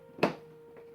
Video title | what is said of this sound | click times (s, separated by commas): ORIGINS ETERNIA UNBOXING, ASSEMBLY, REVIEW AND COMPARISONS TO VINTAGE MOTU | that popped in | 0.2 s